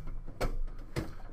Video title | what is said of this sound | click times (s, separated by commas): Montage d'un ordinateur - Installation du module d'alimentation | my screw holes are aligned and it is currently locked into place | 1.0 s